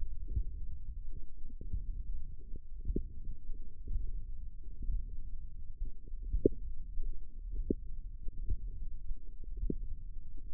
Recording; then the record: forearm muscle sounds (acoustic myography)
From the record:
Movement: index flexion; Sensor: system 1, eight BSWA MPA416 microphones around the upper forearm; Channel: 8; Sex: female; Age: 22 years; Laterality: right